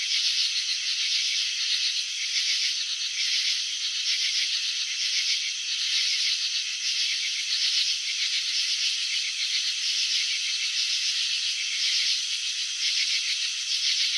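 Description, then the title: Cricket chirping runs on as a dense, buzzy high rattle, with slight waves of loudness throughout. Crickets chirping, filmed in slow motion; wing vibrations and antenna movements shown. "Crickets in Slow Motion. Capturing the Elegance of Chirping"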